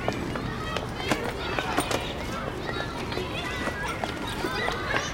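A woman's footsteps walking off, a quick run of sharp, irregular taps over a dense, hissy background that stays at an even level throughout.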